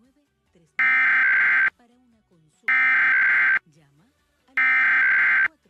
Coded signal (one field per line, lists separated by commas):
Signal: Emergency Alert System (SAME) tones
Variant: header bursts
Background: speech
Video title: Thankful Tests Tuesday (EAS #13971-13979) 11/21/23